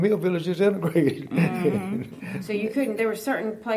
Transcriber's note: laughter